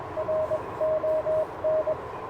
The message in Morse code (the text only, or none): RON